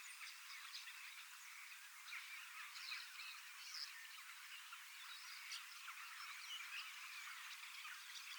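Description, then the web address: Common starlings chattering together as a steady wall of squeaky whistles and rattling notes, with a few brighter whistles standing out. Large flock of young starlings practising their song in preparation for next spring; recorded 25 August 2026 in Finland. "paivat 25 8 2026 iso kottaraisten nuorisoparvi valmistautuu ensi kevaaseen lauluharjoittelemalla"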